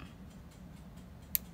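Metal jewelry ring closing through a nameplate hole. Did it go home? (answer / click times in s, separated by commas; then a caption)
yes / 1.3 s. A small metal jewelry ring, threaded through the hole in a metal nameplate, is pinched shut over a low background hum. At 1.3 s a single sharp, bright click rings out as the ring closes, confirming it has seated shut.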